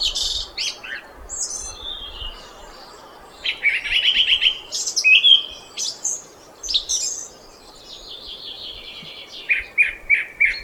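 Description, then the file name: Song thrush song: varied whistled and chirping phrases, several repeated in short runs. "Golosa ptic i zverei - Pevchii drozd"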